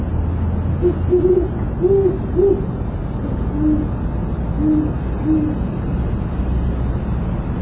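Owl hooting: a quick run of low, soft hoots, then three slower, slightly deeper hoots, over a steady low rumble.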